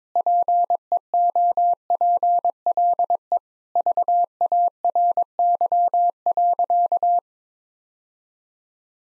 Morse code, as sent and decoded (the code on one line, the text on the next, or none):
.--. . --- .--. .-.. . / ...- .- .-. -.-- .-.-.-
PEOPLE VARY.